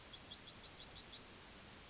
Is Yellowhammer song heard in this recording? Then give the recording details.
yes. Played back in grassland. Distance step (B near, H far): C. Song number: 124